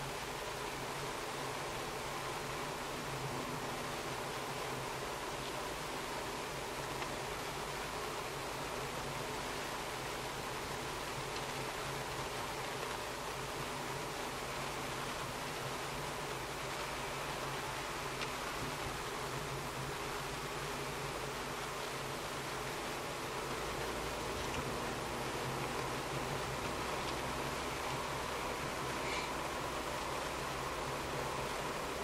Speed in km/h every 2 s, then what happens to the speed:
42, 42, 41, 41, 42, 42, 42, 42, 41, 40, 40, 42, 47, 50, 50, 51.
0-20 steady at about 42. 20-25 speeds up to 50. 25-32 steady at about 50.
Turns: none.